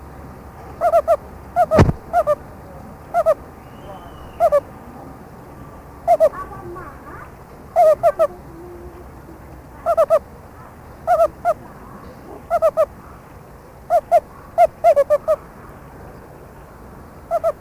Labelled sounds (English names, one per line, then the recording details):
Meerkat call
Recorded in captivity
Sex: male
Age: adult
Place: Zoo Karlsruhe, Baden-Württemberg, DE
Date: 2000-09-26 16:00
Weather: fair, 16-17°C
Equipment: Nagra SN, Kopie Uher 4000 Report Monitor
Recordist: Tembrock, Günter